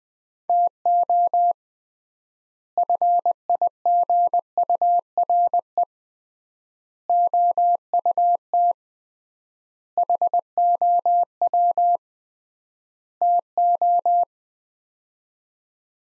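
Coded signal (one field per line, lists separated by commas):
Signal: Morse code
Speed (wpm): 20 wpm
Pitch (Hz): 700 Hz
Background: none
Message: TO FIGURE OUT HOW TO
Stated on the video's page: Morse code practice of five-word sets at 20 wpm with 3x word spacing (Farnsworth-like), each set sent, spoken, then sent again.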